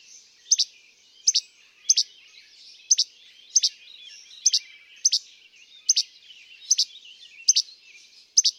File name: Least Flycatcher